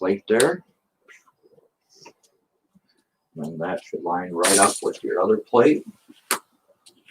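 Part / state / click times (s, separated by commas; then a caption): plastic building plate onto adjacent baseplate section / seated / 6.3 s. A plastic building plate is lined up with the neighbouring plate on a modular baseplate and pressed down while someone talks. A sharp, loud click at 6.3 s marks the plate snapping into place, seated.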